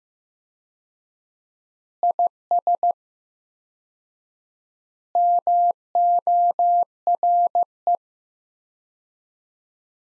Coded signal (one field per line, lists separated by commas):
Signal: Morse code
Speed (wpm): 16 wpm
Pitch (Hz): 700 Hz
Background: none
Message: IS MORE